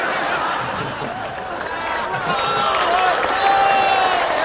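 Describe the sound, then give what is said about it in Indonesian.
A crowd applauds and cheers in a steady, dense wash of clapping and raised voices that holds at an even loudness throughout, with a few higher calls rising above the noise. “Tapi jangan tepuk tangan dulu, kan mau tepuk tangan aja pula.”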